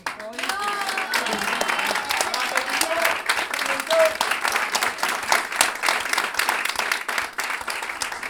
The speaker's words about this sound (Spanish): hoy con un aplauso.